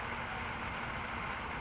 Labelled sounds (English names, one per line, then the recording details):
California Towhee
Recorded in Sonoma County, California